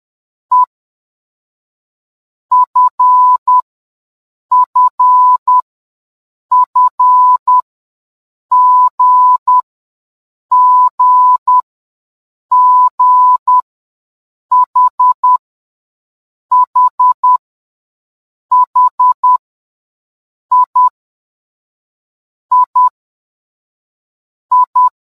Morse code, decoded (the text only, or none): E F F F G G G H H H I I I